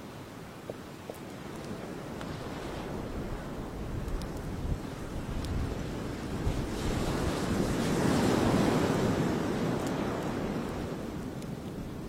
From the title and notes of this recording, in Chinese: 傍晚 海滩 篝火旁 海浪声 白噪音。